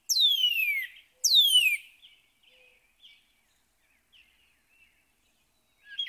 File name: Northern Cardinal